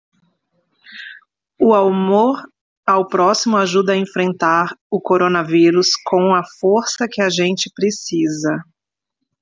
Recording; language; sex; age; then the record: spoken sentence; Brazilian Portuguese; female; 40 to 49 years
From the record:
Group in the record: control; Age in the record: 47 years